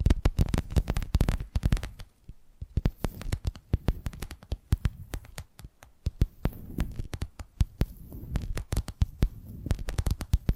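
Quick tapping triggers, a rapid, uneven stream of sharp clicks and knocks that sounds like fingertips or nails on hard surfaces. The taps come in dense bursts with brief gaps, some landing heavier and lower with a dull thump. Soft rustling fills the spaces between them.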